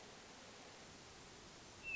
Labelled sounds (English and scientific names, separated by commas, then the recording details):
Hermit Thrush (Catharus guttatus)
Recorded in Sonoma County, California